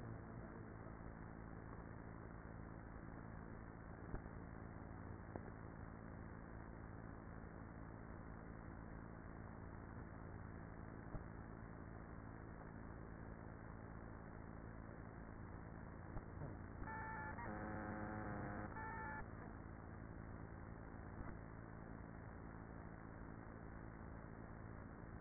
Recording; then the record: honeybee colony, microphone inside the hive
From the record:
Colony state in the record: queenless with a low population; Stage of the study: after two queens were removed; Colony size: about 30,000 bees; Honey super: no